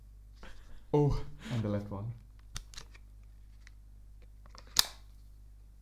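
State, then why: Seated. Someone talks as the detachable left controller of a Nintendo Switch 2 handheld game console is slid along the console's side rail and pressed in. A sharp, bright snap is heard at 4.8 seconds as it seats firmly in place without wobbling.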